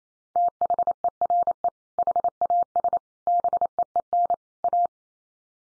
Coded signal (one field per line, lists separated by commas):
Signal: Morse code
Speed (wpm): 28 wpm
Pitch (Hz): 700 Hz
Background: none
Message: THERE HAS BEEN A